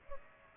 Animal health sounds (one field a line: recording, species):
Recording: mosquito wingbeat signal from an infrared sensor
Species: Aedes aegypti